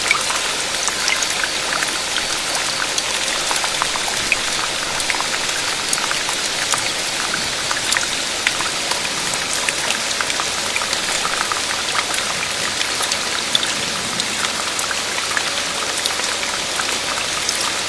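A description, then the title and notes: Night rain in early summer falls in a steady, dense hiss that holds level for the whole stretch. Countless small drops tick and patter on a surface, with brighter individual taps scattered throughout and little low rumble underneath. The night rain in early summer.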